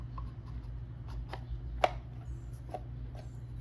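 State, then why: Not seated. A new paper oil filter element is pushed onto the center post of the plastic filter housing cap during an oil and filter change on a Lexus RX 350. Only faint handling taps and rustles are heard over a low steady hum, the sharpest at about 1.8 s. The element has not clicked into place.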